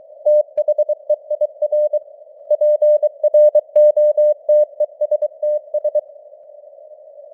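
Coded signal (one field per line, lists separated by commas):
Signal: Morse code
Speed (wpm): 23 wpm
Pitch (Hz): 600 Hz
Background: none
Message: THEIR PROTESTS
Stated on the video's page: Morse news headlines at 23 wpm with simulated radio noise and varying signal strength (QSB).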